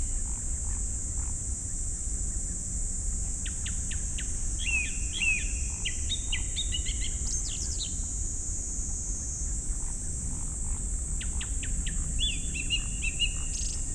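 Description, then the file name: Japanese thrush song: bursts of clear whistled notes mixed with quick twittering trills, repeated in phrases, over a steady high drone throughout. "kurotugumi"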